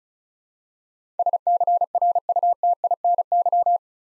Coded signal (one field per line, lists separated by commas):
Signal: Morse code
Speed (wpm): 36 wpm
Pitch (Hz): 700 Hz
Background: none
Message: SCRUTINY